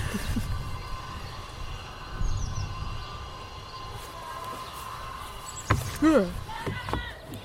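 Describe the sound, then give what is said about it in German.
A neighbor woman's voice, muffled through a wall, scolding children, with brief raised, pitched outbursts toward the end over a steady low rumble and faint background hum. “Das ist die Nachbarin, die gerade fragt, ob es noch eigentlich geht. Da werden gerade die Kinder zusammengeschissen.”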